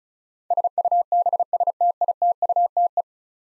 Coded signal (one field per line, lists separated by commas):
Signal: Morse code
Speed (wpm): 36 wpm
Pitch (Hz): 700 Hz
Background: none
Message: SUBSTITUTE